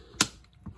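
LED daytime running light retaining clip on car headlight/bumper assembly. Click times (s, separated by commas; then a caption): 0.2 s. An LED daytime running light on a Mercedes-Benz C300 headlight/bumper assembly is slid off the small retaining clip that holds it. The clip releases with one sharp, bright pop at 0.2 s, followed by a few faint, softer ticks. The clip lets go and the light comes free.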